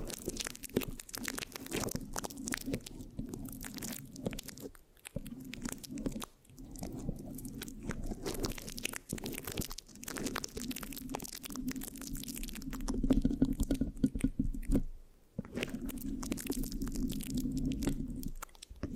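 Scratching on a microphone, made of dense rapid scrapes and crackles with a low, rubbing hum underneath. The sticky scratching runs nearly continuously, with short pauses around five, six and fifteen seconds, and grows louder and crisper near thirteen seconds.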